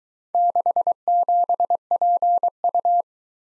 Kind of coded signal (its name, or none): Morse code